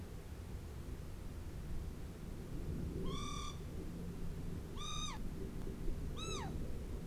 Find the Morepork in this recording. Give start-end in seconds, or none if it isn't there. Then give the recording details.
3.02-3.55, 4.72-5.21, 6.13-6.48. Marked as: faintness 1/5, faintness 2/5. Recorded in New Zealand on 4 June 2017. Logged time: 19:01. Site Taranaki